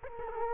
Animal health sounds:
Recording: mosquito wingbeat signal from an infrared sensor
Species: Culex quinquefasciatus

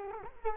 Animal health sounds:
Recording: mosquito wingbeat signal from an infrared sensor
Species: Culex quinquefasciatus

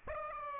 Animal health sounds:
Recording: mosquito wingbeat signal from an infrared sensor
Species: Aedes aegypti

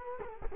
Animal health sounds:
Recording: mosquito wingbeat signal from an infrared sensor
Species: Culex quinquefasciatus

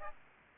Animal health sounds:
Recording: mosquito wingbeat signal from an infrared sensor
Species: Aedes aegypti

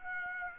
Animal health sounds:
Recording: mosquito wingbeat signal from an infrared sensor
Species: Aedes aegypti

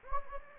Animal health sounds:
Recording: mosquito wingbeat signal from an infrared sensor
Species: Anopheles gambiae

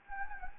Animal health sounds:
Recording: mosquito wingbeat signal from an infrared sensor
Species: Anopheles gambiae

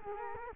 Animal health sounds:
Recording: mosquito wingbeat signal from an infrared sensor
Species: Culex quinquefasciatus

